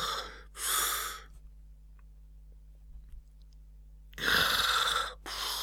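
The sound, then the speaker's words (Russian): A voice imitates a man, Korostelev, snoring while asleep on a couch with his head on a gold-embroidered silk pillow: two loud, breathy, rasping snores separated by a long quiet pause, the second followed by a brief short puff of breath. “Храпел он.”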